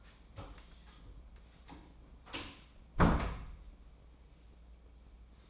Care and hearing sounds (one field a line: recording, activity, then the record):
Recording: daily activity, microphone in the room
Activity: close door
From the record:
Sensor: 1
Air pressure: 1012.3 hPa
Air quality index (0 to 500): 168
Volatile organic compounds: 3 ppm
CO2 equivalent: 1382 ppm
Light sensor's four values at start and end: 527/1237/545/651 and 508/1188/524/623